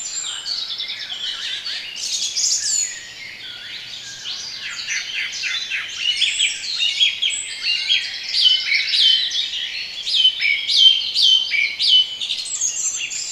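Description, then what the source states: Birds singing in a dense chorus of overlapping high chirps, trills and whistled phrases, with a brief quieter lull near the middle. Bird sounds for relaxation.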